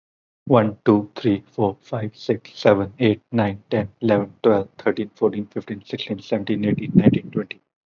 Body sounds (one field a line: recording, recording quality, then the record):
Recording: counting at a fast pace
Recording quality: excellent, no background noise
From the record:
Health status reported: exposed to COVID-19, no respiratory illness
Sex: male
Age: 23 years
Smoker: no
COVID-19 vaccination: both doses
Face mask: not worn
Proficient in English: yes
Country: India